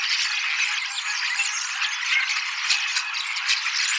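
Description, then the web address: Common starlings chattering steadily, a busy mass of squeaky notes, short whistles and rattling clicks running through the whole stretch. Recorded 18 October 2024; the recordist believes these are young starlings practising their song, singing and imitating several species a little. "paivat 18 10 2024 kasittaakseni kottaraisnuoret laulavat lauluharjoittelevat useita lajeja matkivat hiukan"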